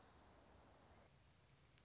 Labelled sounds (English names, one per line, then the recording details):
Orange-crowned Warbler
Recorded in Sonoma County, California